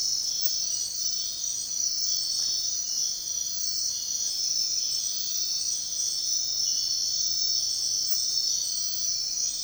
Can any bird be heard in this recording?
no